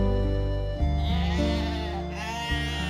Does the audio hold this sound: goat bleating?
yes